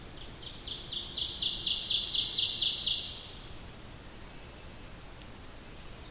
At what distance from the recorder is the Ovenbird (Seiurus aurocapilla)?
about 50 m